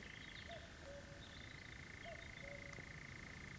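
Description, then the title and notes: European nightjar churring: a steady mechanical trill running throughout, with faint thin whistled notes behind it. "Nachtzwaluw 1 by Omroep Gelderland"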